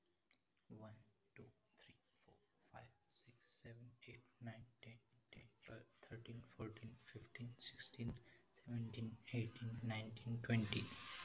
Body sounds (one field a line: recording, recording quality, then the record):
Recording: counting at a normal pace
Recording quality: excellent, no background noise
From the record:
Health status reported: healthy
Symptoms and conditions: none ticked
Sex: male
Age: 21 years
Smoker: not ticked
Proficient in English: yes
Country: India